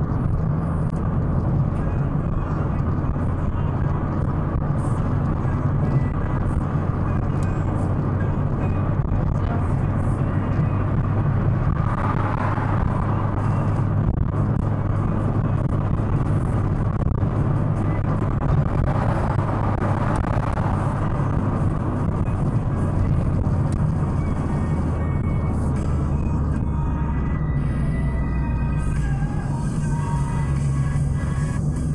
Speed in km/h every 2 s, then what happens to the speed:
95, 102, 104, 108, 112, 116, 118, 118, 116, 115, 111, 104, 91, 76, 62, 54.
0-10 speeds up to 116. 10-19 steady at about 116. 19-32 brakes to 54.